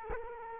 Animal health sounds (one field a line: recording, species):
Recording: mosquito wingbeat signal from an infrared sensor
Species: Culex quinquefasciatus